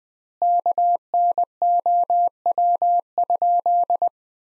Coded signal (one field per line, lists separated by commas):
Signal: Morse code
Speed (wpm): 20 wpm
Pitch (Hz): 700 Hz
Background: none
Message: KNOW?